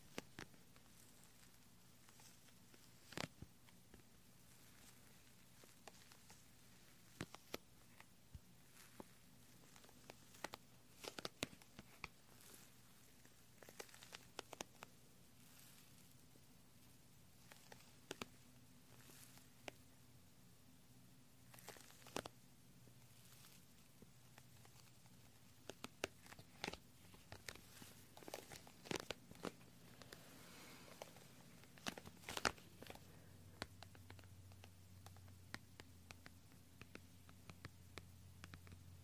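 Gentle clicky, sticky sounds: quiet ticks, taps and soft crackles pop up irregularly over a near-silent bed, a few every couple of seconds. A low steady hum runs underneath, growing slightly heavier in the last few seconds, with a cluster of sharper clicks around thirty-two seconds.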